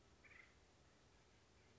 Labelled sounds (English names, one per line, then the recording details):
Acorn Woodpecker
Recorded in Sonoma County, California